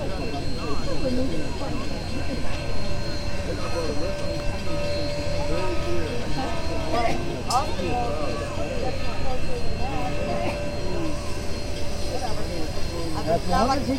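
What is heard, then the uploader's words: Crowd chatter continues around the 844 Big Boy over a steady low rumble and a constant hum, with a sharp click near seven seconds. 844 Big Boy, Pacific, MO. A stereo field recording from October 2016 in Pacific, Missouri. 844 approaching, sitting and then leaving, was made at the intersection of First Street and the train tracks.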